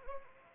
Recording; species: mosquito wingbeat signal from an infrared sensor; Anopheles arabiensis